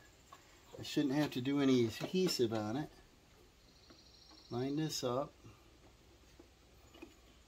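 A plastic brake lock is lined up against a lawn tractor's plastic housing before being pushed home. Someone talks from about 0.9 to 2.9 s and again around 4.5 to 5.3 s, with only faint handling taps near 0.3 s and 7.0 s. Nothing has seated or clicked yet.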